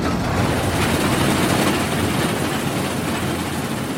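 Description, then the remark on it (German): A combine harvester's engine suddenly starts and runs with a steady, loud, low rumble and continuous mechanical rattling as a boy drives the machine forward, holding an even level throughout without pauses or voices. “Da ist auf einmal der Motor losgegangen und die Maschine ist auf ihn zugerattert.”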